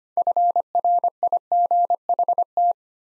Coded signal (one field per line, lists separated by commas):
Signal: Morse code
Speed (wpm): 25 wpm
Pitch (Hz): 700 Hz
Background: none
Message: FRIGHT